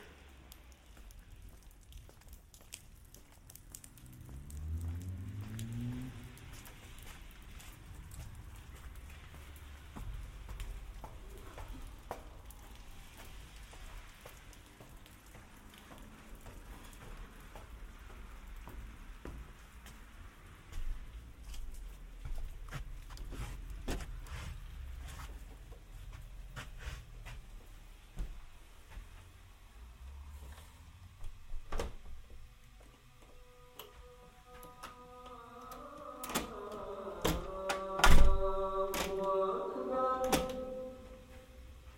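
A walk through mountainous Dagestan: a low, uneven rumble runs throughout, scattered with sharp clicks and soft thumps that come more often after the halfway point. Around 5 seconds a short rising whine passes, and from about 35 seconds a steady, layered drone sounds over louder knocks.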